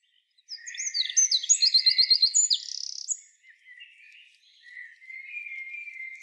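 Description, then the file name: Eurasian wren song: high sharp notes leading into a fast even trill and a final buzzy note, then soft chirping. "Troglodytes troglodytes"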